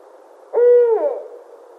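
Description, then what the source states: Barred owl hoot: one strong, even note that drops away at the end in a slurred, descending trail. Recorded 29 January 2012.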